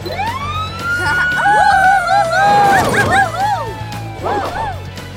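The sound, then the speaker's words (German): The siren of a Paw Patrol vehicle is switched on with a button press, its rising and falling wail sweeping loudly up and down in pitch, with some clattering noise and a bark-like sound mixed in partway through. “Darf ich die Sirene einschalten, Marshall?”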